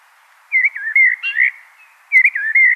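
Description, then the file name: Common blackbird singing a mellow, whistled phrase that rises and falls, then a second similar phrase begins after a short pause. "Turdus merula"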